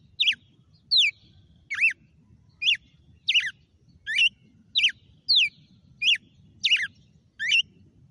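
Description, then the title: Red-cowled cardinal song, a run of eleven clear, twisting whistled notes delivered at a brisk pace against a soft low background rumble. Female red-cowled cardinal named Fenrir, singing; the source calls its song today 'açoite'. "GALO DE CAMPINA FENRIR"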